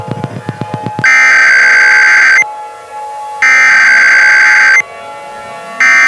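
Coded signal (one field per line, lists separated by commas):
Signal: Emergency Alert System (SAME) tones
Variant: header bursts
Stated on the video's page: Simulated EAS scenario in a fictional film, not a real alert.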